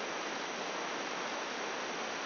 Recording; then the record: brain microelectrode recording played as sound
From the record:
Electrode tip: inside the subthalamic nucleus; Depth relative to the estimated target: 0 mm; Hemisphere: left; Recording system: AlphaMap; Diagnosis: Parkinson's disease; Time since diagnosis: 10 years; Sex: male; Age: 58 years